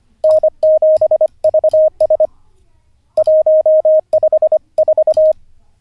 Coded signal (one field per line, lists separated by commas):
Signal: Morse code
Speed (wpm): 25 wpm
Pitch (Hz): 620 Hz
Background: radio noise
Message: N7VS 154